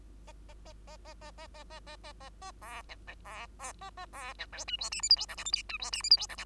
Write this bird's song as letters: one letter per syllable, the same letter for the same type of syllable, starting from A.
A A A A A A A A A A A A A B C C B B A A B C D E F G H I J K L M N E F G H I J K L